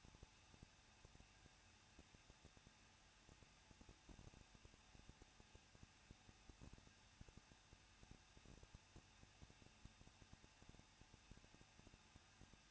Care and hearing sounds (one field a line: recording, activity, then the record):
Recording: daily activity, microphone in the room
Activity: no activity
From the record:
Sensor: 2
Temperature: 21.0 degrees Celsius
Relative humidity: 37.3%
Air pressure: 1006.4 hPa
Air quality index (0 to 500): 220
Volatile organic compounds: 23 ppm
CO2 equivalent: 2778 ppm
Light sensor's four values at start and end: 2/3/2/2 and 2/3/2/2